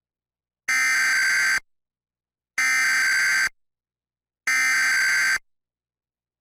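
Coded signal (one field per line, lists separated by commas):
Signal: Emergency Alert System (SAME) tones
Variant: header bursts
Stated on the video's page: Required monthly test and severe thunderstorm warnings received on TV, with audio monitored from a relay network.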